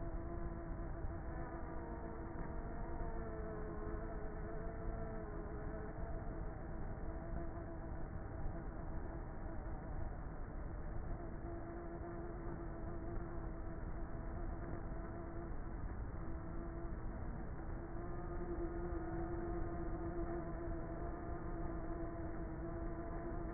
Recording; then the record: honeybee colony, microphone inside the hive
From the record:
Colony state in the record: queenless with a low population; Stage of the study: before two queens were removed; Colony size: about 30,000 bees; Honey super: no